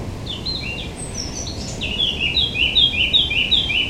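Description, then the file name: Eurasian blackcap song: a few scratchy notes and thin high whistles lead into a loud, rhythmic run of rich fluting phrases, with faint hiss behind. "Sylvia atricapilla"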